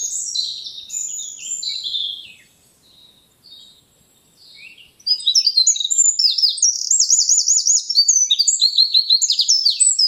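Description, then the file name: Eurasian wren song: soft high twittering, a pause, then from about five seconds a loud, fast run of sharp trills and rattling notes at very high pitch. "Troglodytes troglodytes"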